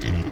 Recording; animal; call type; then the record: contact call of a hoofed animal; wild boar; grunt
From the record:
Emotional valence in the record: negative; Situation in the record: naturally occurring agonistic interactions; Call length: 0.32 s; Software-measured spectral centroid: 1980 Hz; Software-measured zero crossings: 1210 a second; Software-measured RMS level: -24 dBFS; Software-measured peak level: -13 dBFS